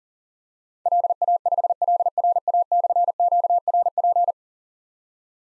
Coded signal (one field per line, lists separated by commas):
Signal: Morse code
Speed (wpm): 41 wpm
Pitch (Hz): 700 Hz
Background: none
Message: LA5LRA/QRP